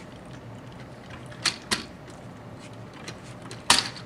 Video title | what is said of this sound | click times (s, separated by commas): SDCC11 ULTIMATE OPTIMUS PRIME PART 2 | There we go. Snapped into place. Now it holds them in. | 3.7 s